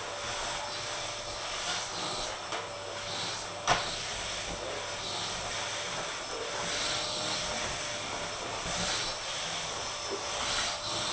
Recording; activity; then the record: daily activity, microphone in the room; vacuum cleaning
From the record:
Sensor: 5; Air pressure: 988.8 hPa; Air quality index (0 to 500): 236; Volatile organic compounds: 200 ppm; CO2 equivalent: 4213 ppm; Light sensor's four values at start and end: 38/121/47/50 and 38/120/46/49